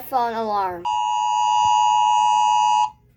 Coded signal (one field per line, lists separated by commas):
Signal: Emergency Alert System (SAME) tones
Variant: 853 and 960 Hz attention tone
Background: speech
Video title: Rating EAS Alarms From YOUR Countrys